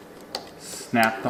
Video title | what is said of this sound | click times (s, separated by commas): Porsche vs Amazon Strut 2000 Porsche 911 996 Engine Lid Strut Replacement | and then we're just going to snap | 0.4 s